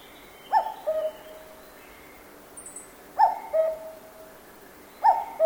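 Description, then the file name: Cuckoo giving two-note cuck-oo calls, falling from a higher first note to a longer lower one, three calls with uneven gaps and a faint thin chirp in between. Japan; forest. "BIRD CUCKOO CALL JAPAN FOREST LOOP"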